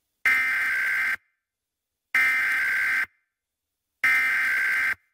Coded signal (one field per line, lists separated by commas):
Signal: Emergency Alert System (SAME) tones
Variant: header bursts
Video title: PA RMT for January 2024 [EAS #1,240-1,246]